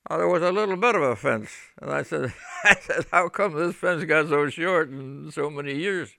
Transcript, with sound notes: it was a little bit of a fence. And I said ( he laughs ) I says, "How come this fence got so short in so many years?"